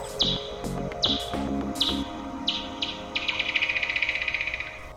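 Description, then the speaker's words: Bat calls: sharp chirps dropping in pitch, a few spaced apart, then a fast buzzing train of pulses, over low background sound. A bad time for bats in the region. "And at a bad time for bats in our region, what can we learn from their calls?"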